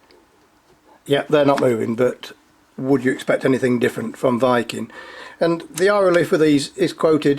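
The twist-up eyecups of a pair of Viking Kestrel 10x42 ED binoculars, rubber over a plastic/metal barrel, are turned through their intermediate click-stop positions and hold firm midway. Someone talks throughout, with a faint tick near the start. Nothing has seated yet.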